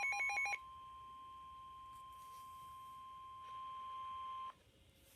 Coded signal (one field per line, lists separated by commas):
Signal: Emergency Alert System (SAME) tones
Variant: 1050 Hz attention tone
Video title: Severe Thunderstorm Warning-(EAS #132)